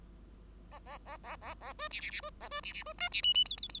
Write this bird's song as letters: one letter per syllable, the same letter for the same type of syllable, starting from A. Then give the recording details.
A A A A A A B C C C B A B C C B D C E E F F F. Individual Bird5